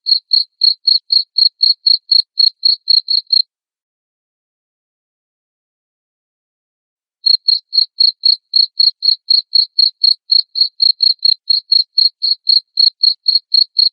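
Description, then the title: Cricket chirping in even high pulses about four a second, stopping for roughly four seconds midway before resuming. Loud cricket chirping played to make lovebirds sing (ngekek) continuously. "Suara JANGKRIK NGERIK Keras Bikin LOVEBIRD Jadi NGEKEK Terus Vubey"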